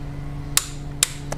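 A click-type torque wrench set to 23 Nm tightens a spark plug into the cylinder head of a BMW X5 (E70) engine. Sharp metallic clicks sound at 0.6 s and 1.0 s, followed by a fainter tick near 1.3 s over a steady low hum. The wrench clicks at its setting and the plug is torqued correctly.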